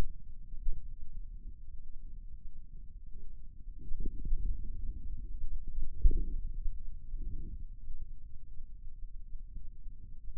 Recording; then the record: forearm muscle sounds (acoustic myography)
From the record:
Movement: inward rotation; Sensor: system 2, bracelet of six BSWA MPA416 microphones around the upper forearm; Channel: 2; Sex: male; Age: 22 years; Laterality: right